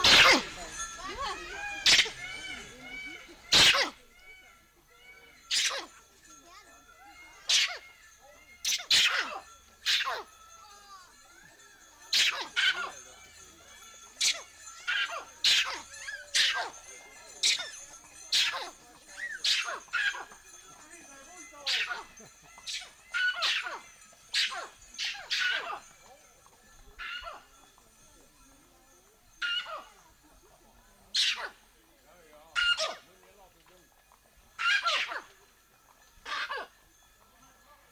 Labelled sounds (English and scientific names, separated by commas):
Collared Mangabey (Cercocebus torquatus)